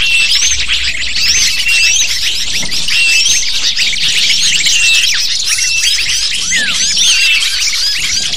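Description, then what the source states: Lovebirds chattering as a flock, a dense nonstop stream of shrill, high chirps and squeaky twitters overlapping throughout, with no pauses. Lure used to attract lovebirds.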